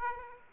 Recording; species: mosquito wingbeat signal from an infrared sensor; Aedes aegypti